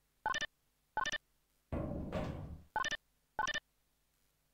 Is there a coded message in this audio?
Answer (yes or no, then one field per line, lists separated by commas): no